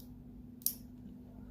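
The machined metal top cap of a SLY rebuildable dripping atomizer by Pinoy Underground Customs is pushed onto its base over tight o-rings, over a steady low hum. A faint tick at 0.6 s is followed by a sharp, bright click at 0.7 s as the cap seats. The click marks a confirmed fit and shows the precise tolerances.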